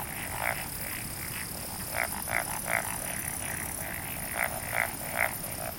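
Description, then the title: Frogs croaking, a single loud pulsed croak then two groups of three, separated by quieter spells, with softer frogs calling throughout behind. "Summer Japan, Hokkaido. Night Paddy's frogs. 夜の水田のカエル"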